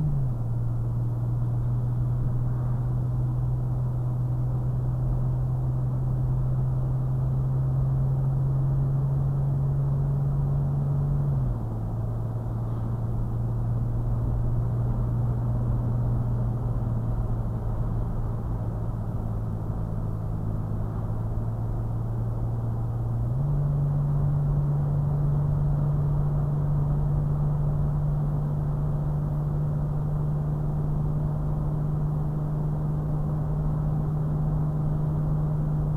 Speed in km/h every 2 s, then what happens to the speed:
63, 66, 69, 72, 77, 81, 82, 84, 81, 79, 77, 77, 79, 79, 81, 82, 82, 82.
0-11 speeds up to 82. 11-36 steady at about 81.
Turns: none.